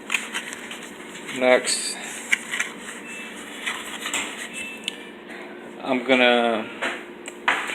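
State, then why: Seated. A plastic part of the ice dispenser or auger assembly on a Kenmore Coldspot model 106.51133210 refrigerator, being repaired for not dispensing ice, is put back in place by hand while someone talks. Light handling knocks and rattles are heard, then a sharp hit at 7.5 s as the part snaps into place and is seated.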